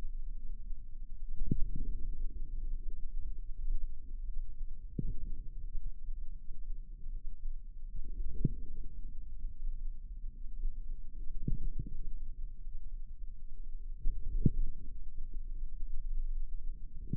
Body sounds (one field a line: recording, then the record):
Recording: forearm muscle sounds (acoustic myography)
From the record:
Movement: radial deviation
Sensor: system 2, bracelet of six BSWA MPA416 microphones around the upper forearm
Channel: 4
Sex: female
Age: 23 years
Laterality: right